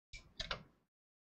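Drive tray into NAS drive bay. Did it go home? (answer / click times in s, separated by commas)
yes / 0.4 s, 0.5 s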